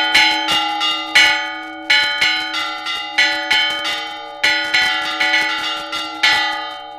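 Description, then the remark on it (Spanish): Church bells toll a storm-warding peal, rung to drive away a storm, in a brisk, steady rhythm, each loud strike blooming into bright, ringing overtones that hum under the next blow, with no voices present. “Pero el la iglesia lo potenciaba, la creencia de que la campana despejaba la tormenta.”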